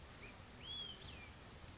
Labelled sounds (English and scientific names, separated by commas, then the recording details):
Olive-sided Flycatcher (Contopus cooperi)
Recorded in Sonoma County, California